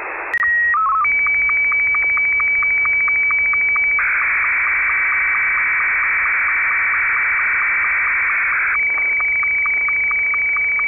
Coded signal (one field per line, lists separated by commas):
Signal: SSTV (slow-scan television)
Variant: Martin 2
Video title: SSTV RX062722